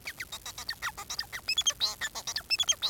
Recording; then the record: song of a male Bengalese finch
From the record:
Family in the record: son of father 4